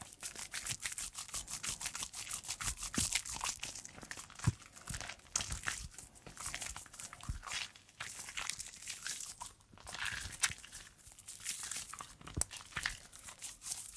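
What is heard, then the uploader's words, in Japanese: Hands rub and squish through soapy foam in a dense, continuous patter of wet crackles and crinkles, with brief quieter pauses throughout. 癒される泡の音…手をこするハンドサウンド/手洗い Hand Washing【ASMR】。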